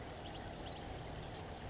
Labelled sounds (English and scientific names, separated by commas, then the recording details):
California Towhee (Melozone crissalis)
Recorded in Sonoma County, California